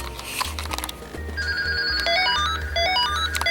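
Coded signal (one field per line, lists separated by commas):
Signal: pager alert tone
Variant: Midland walkie-talkie call tone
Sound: quick electronic ringtone melody of rising and falling beeps, played twice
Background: low background hum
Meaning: Another radio is sending a call alert to this radio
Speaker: you can see the call is coming from 12 51 which is me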